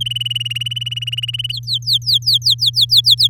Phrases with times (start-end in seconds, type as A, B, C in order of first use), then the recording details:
0.00-1.52 A, 1.52-3.28 B. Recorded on 9 May 2018 at 13:28. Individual llb16